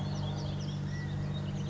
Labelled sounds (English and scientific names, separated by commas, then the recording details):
California Quail (Callipepla californica)
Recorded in Sonoma County, California